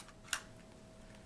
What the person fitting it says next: Make sure it locks in. Make sure you hear that click.